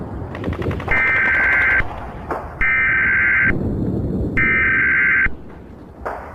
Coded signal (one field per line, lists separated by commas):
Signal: Emergency Alert System (SAME) tones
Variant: header bursts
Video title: EAS Scenario - Christmas Exchange (World War 3 Scenario)